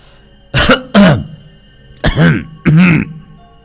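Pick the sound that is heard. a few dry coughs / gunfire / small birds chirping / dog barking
a few dry coughs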